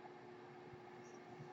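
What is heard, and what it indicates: Steady low mechanical hum with a faint constant tone, the running noise of a home breathing ventilator.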